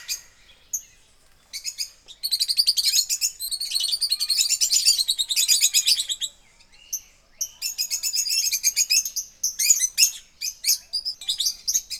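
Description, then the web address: Birds twittering in rapid, high-pitched bursts, several busy chattering runs separated by short pauses. Jungle. "best service Blue Box birds birds jungle"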